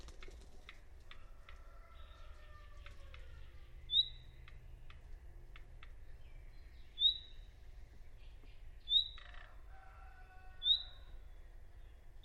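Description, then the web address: Bird giving sharp high chirps at irregular gaps of one to three seconds, over faint thin whistles and ticks and a low background hum. "cianscape birddata Deverinetal 2025 File origin Bird Only"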